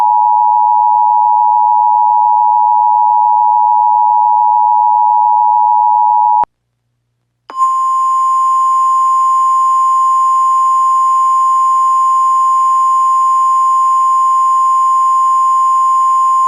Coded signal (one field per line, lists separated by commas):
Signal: Emergency Alert System (SAME) tones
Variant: 853 and 960 Hz attention tone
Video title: (G) EAS Mock: ＯＭＧ ＴＨＡＤＥＥＳＴＯＲＭ (9/22/08)